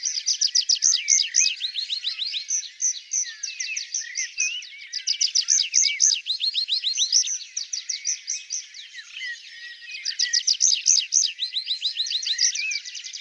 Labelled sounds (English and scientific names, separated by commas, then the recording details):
Tree Pipit (Anthus trivialis) song
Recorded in the wild
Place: Oberrotweil am Kaiserstuhl / Weinberge, Baden-Württemberg, DE
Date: 1992-05-07
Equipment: Dat-Recorder Casio DA 7, Telinga DAT, Telinga-Parabolspiegel
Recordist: Schwarz, Dieter